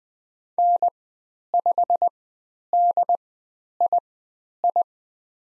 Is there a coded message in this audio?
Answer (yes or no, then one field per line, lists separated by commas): yes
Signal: Morse code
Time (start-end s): 0.6-4.8 s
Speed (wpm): 20 wpm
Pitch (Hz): 700 Hz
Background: none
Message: N5DII